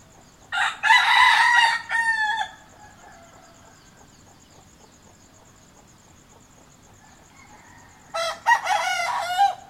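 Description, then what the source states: Chicken: rooster crows twice: a loud, ragged cock-a-doodle-doo at the start, then after a quiet gap a second rough crow begins near the end. Morning cockcrows.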